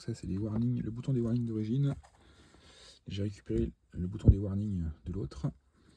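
While rewiring the dashboard of a Rover 220 coupé, the wiring harness plug is being fitted to a hazard-warning switch salvaged from another car. Someone talks throughout, with a brief sharp tap near 4.3 s, but the plug has not clipped in yet.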